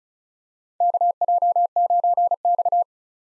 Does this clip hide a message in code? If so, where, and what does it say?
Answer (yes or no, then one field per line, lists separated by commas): yes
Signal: Morse code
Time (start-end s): 0.8-2.8 s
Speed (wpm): 34 wpm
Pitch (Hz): 700 Hz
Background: none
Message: KJ9X